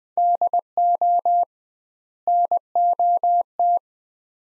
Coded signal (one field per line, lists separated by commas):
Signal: Morse code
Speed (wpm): 20 wpm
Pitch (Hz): 700 Hz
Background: none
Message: DO NOT